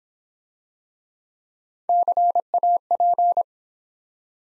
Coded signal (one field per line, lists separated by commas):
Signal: Morse code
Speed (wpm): 26 wpm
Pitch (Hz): 700 Hz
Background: none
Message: CAP